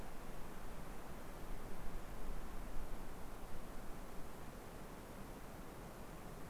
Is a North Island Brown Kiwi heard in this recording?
no